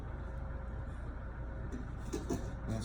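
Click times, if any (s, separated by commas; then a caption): none. The hook on a Clam Yukon X Thermal ice shelter hub frame is handled as it is readied to slide down onto its mating part, over a steady low background rumble with a few soft handling rustles near the end. Nothing has seated or snapped into place yet.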